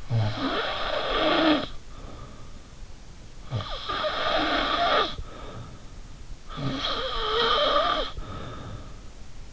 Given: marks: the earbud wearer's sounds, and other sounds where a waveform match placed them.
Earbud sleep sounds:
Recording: sounds in sleep by an in-ear microphone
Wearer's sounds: snoring breath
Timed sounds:
0.00-2.57 s: snoring breath
3.44-5.83 s: snoring breath
6.50-8.97 s: snoring breath

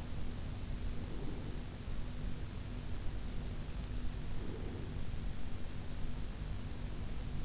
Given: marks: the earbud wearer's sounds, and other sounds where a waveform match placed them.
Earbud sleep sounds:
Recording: sounds in sleep by an in-ear microphone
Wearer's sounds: breath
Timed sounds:
1.02-1.56 s: breath
4.36-4.98 s: breath

